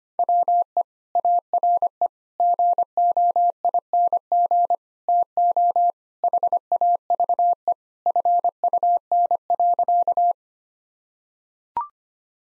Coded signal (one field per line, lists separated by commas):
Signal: Morse code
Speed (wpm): 25 wpm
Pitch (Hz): 700 Hz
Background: none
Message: WE ARE GOING TO HAVE FUN.